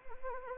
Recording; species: mosquito wingbeat signal from an infrared sensor; Anopheles arabiensis